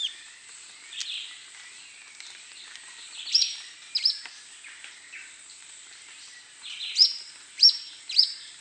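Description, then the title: Grey elaenia song: scattered high thin notes, then three sharp piercing notes in quick succession near the end, over a continuous high hiss. "LuckyPassaro Completos2Sama. Grey Elaenia (Myiopagis caniceps)"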